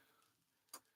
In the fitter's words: and it locks in place